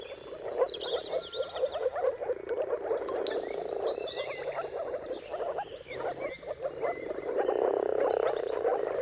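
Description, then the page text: Moor frog chorus of overlapping soft bubbling calls growing louder toward the end, with lively high bird song through the first half. Chorus of moor frogs giving mating calls at sunrise, at the turn of March and April, timing depending on the weather; described as a dawn chorus spectacle. "Dawn’s Chorus: Mating Calls of Marsh Frogs at Sunrise. Depending on the weather at the turn of March and April, you can witness an amazing spectacle of moor frogs. Jakub Orzecki. earth.fm"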